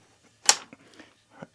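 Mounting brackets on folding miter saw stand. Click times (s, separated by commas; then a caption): 0.5 s. A mounting bracket on a RIDGID foldable mobile miter saw station (AC9946), carrying a FLEX 24V brushless miter saw, is pushed home with a loud metal clack at 0.5 s. A few faint knocks and taps follow. The brackets are locked into place.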